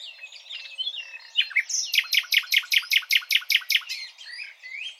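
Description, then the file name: Common nightingale song: soft warbled notes, then a loud series of evenly repeated rich notes, ending with a short rising whistle. "Luscinia megarhynchos"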